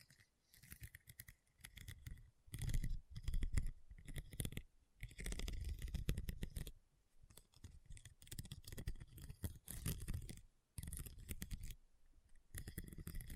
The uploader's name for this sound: RHINESTONE Tapping & Scratching Sounds